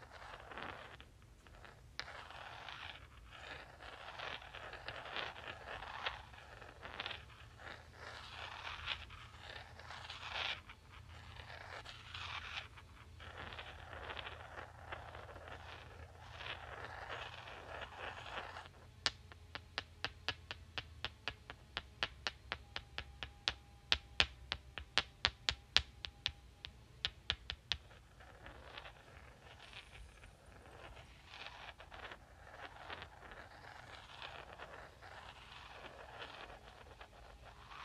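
Rocks are rubbed and scraped against each other in a steady gritty grind for most of the 38 seconds, with a low rumble underneath. Between about 19 and 28 seconds the rubbing gives way to a fast run of sharp clicks, several loud, before grinding resumes.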